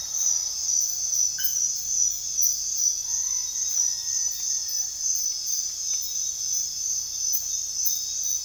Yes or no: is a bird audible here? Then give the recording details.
yes. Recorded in secondary vegetation near Puerto Asís, Putumayo, Colombia, on 24 June 2025 at 05:00. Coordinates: 0.498, -76.327. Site GP09